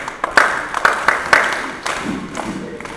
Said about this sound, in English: Let's clap for her.